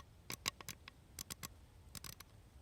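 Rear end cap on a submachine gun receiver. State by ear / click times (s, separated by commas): released / 0.3 s, 0.5 s, 0.7 s, 1.2 s, 1.3 s, 1.5 s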